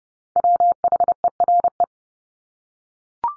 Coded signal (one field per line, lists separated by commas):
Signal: Morse code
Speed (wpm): 30 wpm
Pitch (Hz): 700 Hz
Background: none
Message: WHERE